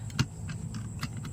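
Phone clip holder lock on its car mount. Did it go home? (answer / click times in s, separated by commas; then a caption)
yes / 0.2 s. A rotating phone clip holder is fitted into its mount in a car, and its plastic lock is pushed closed. A sharp snap at 0.2 s marks the lock seating, with softer ticks and clicks around it against a low steady rumble. The holder ends up locked on its mount.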